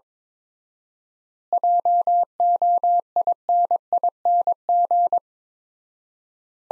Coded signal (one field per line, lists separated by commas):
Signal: Morse code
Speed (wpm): 22 wpm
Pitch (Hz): 700 Hz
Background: none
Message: JOINING